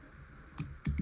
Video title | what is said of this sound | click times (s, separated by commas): My First RTL-SDR Setup - Definitely Not a Tutorio | And uh it snaps right into place. | 0.9 s